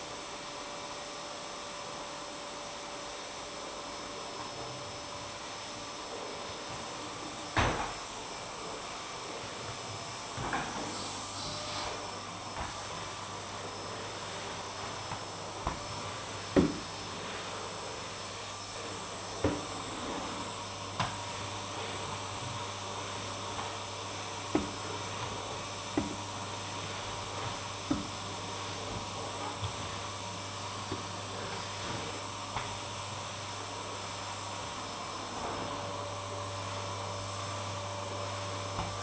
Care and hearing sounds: daily activity, microphone in the room; vacuum cleaning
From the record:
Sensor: 1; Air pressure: 1007.7 hPa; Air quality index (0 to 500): 78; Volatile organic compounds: 1 ppm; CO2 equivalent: 677 ppm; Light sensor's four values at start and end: 8/20/8/9 and 8/19/7/8

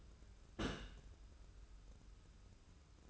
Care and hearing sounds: daily activity, microphone in the room; place on stove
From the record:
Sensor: 2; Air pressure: 994.3 hPa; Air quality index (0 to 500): 216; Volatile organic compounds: 1000 ppm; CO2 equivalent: 7165 ppm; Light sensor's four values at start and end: 137/327/138/143 and 137/327/138/143

